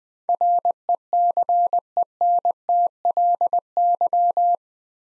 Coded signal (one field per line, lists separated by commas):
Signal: Morse code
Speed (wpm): 20 wpm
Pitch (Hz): 700 Hz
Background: none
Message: RECENTLY